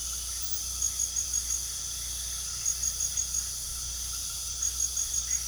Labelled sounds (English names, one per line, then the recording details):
none
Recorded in pastures near Puerto Asís, Putumayo, Colombia, on 8 March 2025 at 23:00
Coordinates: 0.497, -76.327
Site G072